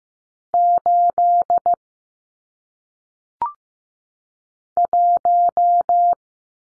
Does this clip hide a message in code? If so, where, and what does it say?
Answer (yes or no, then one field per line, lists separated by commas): yes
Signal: Morse code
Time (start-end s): 0.5-6.1 s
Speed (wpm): 15 wpm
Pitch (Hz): 700 Hz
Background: none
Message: 8 1